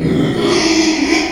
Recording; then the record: squeal of a Yucatan mini pig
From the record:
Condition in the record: after surgery on the right vocal fold (resection and tissue-engineered implant); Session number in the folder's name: 2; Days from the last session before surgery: 13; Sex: male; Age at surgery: 12 weeks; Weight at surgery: 13 kg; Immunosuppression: cyclosporine, prednisolone